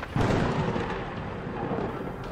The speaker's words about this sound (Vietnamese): Những đám mây đen ở trên bầu trời gầm rú, bị trường hà hình thành bởi tia chớp xuyên thủng. Trong lúc kịch liệt quay cuồng, một tiếng sấm kinh thiên động địa đột nhiên nổ tung giữa mây mù phía trên.